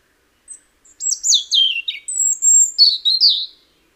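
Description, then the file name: European robin song: two faint ticks, then a rich cascade of descending twittered notes, a long very high pure whistle, and a final burst of falling warbles. "Erithacus rubecula"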